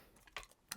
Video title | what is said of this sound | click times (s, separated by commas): Choosing the best compact travel tripod - Manfroto Element MII, Vanguard Vesta, K&F Concept M1 | and it locks in place that is position one | 0.7 s